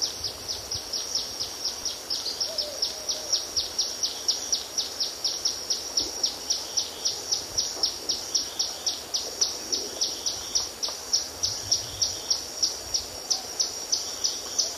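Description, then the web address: Yellow-browed tody-flycatcher repeating quick, thin, high notes in a long, even series against steady background noise. Recorded in the eastern lowlands of South America. "Natures Songs S America Eastern Lowlands. Yellow-browed Tody-Flycatcher"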